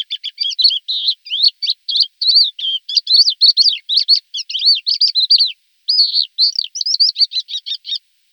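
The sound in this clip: Thekla's lark singing a long, continuous stream of varied twittering and warbled notes, fast and jumbled, with one brief pause partway through, no other sounds.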